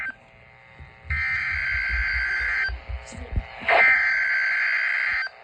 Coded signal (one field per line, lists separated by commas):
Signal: Emergency Alert System (SAME) tones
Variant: header bursts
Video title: SVA #1 (EAS #21) (SVA #417)